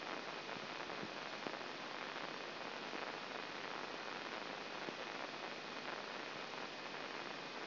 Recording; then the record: brain microelectrode recording played as sound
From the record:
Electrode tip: inside the subthalamic nucleus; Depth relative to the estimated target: -1 mm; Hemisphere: left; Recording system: AlphaMap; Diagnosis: Parkinson's disease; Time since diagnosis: 12 years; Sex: female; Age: 47 years